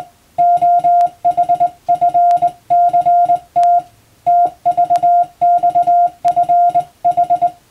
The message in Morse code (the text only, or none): OHFCT TVXFH